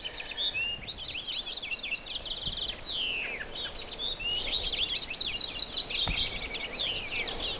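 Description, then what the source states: Purple Finch song, a fast rambling warble of high slurred notes, nearly continuous, over a steady background hiss. Singing almost continuously, often in phrases; excited, some songs given in flight with wings tipped up while coasting; nesting in these wild, wet woods.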